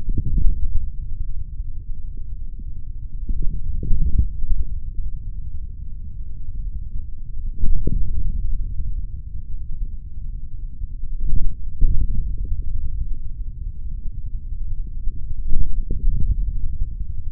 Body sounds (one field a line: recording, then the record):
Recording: forearm muscle sounds (acoustic myography)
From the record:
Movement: hand closing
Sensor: system 3, bracelet of six PUI Audio POM-2738L microphones around the upper forearm, with dedicated amplification and filtering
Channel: 2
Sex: male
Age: 26 years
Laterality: right